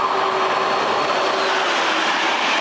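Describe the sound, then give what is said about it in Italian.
A long-distance train rolls past with a steady, loud rushing rumble of wheels on track and a faint tonal whine running through it. No voices are heard. “La questione nasce dalla decisione del Ministero dei Trasporti di tagliare dal 1 marzo 12 treni a lunga percorrenza, intercity notte che da Reggio Calabria andavano verso Milano o Torino.”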